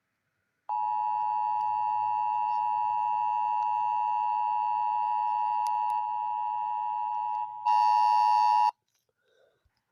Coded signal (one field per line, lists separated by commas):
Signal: Emergency Alert System (SAME) tones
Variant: 853 and 960 Hz attention tone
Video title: EAS Scenario #4 Robert The Shark Error Part 1 Without Sirens)